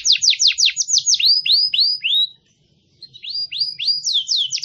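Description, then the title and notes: Songbird song of rapid downward-sweeping whistles and rising slurs, broken by a short silence before the phrases resume. Complete masteran songbird song compilation intended for training songbirds. "Master Burung Kicau. Masteran Burung Kicau Lengkap"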